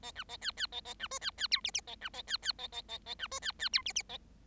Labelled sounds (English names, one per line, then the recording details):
Bengalese Finch song
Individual Bird7